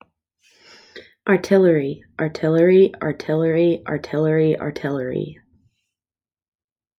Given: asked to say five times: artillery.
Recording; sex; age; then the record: repeated word; female; 20 to 29 years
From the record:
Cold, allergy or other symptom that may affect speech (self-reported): no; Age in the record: 25 years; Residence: Indiana, United States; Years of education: 17